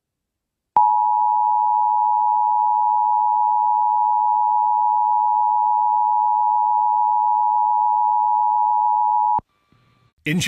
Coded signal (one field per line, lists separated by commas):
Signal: Emergency Alert System (SAME) tones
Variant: 853 and 960 Hz attention tone